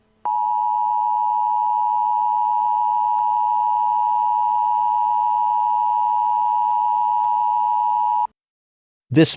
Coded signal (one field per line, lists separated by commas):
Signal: Emergency Alert System (SAME) tones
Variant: 853 and 960 Hz attention tone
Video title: [EAS Scenario] Technological Takeover Part 1